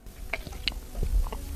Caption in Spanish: El sonido de tragar saliva de este hombre.